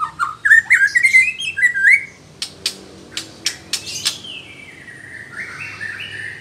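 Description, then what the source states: White-rumped shama song: a rapid sequence of rising whistled notes, then a string of sharp clicks and a softer drawn-out phrase. Female.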